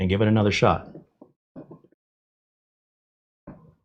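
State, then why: Seated. Someone talks as a CPU cooler push pin is realigned over its motherboard mounting hole and checked in the lock position, followed by a few faint brief sounds. On the retry, the pin is pushed again and clicks home into the hole at 3.5 s, seating it.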